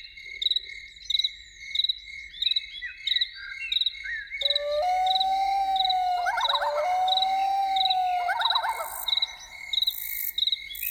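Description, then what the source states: Loon wail swells and holds a long level tone, breaking twice into quavering rising notes, while insects pulse steadily. Evening soundscape with loons.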